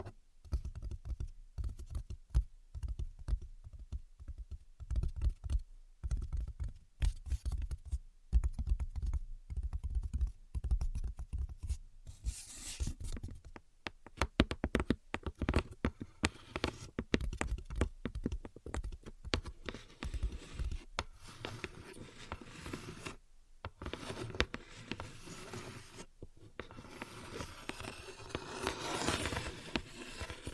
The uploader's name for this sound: Invisible Tapping and Scratching